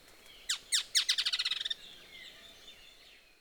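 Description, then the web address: Striated softtail giving a sharp trill: about a dozen high, clipped notes that speed up and fade over about a second, followed by faint softer calls. Male. "Striated softtail. صدای-پرنده-نر-دم-راه-راه"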